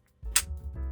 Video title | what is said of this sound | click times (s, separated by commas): DemonView Reviews, The GoPro Contacto Door! (and the extra features no one mentioned yet!) | snaps on security like that and that's magnetically joined there so it's not | 0.4 s